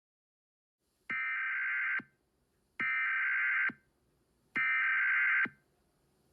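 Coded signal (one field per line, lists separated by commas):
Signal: Emergency Alert System (SAME) tones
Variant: header bursts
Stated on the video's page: Fictional EAS horror scenario, a simulated alert.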